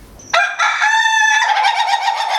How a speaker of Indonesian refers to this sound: Maaf ya kalau ada suara ayam, karena di sebelahnya.